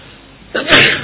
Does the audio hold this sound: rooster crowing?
no